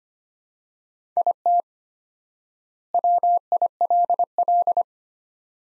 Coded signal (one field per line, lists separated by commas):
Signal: Morse code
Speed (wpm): 25 wpm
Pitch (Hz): 700 Hz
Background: none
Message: IT WILL